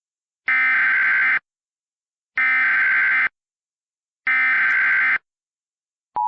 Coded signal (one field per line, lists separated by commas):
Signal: Emergency Alert System (SAME) tones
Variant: header bursts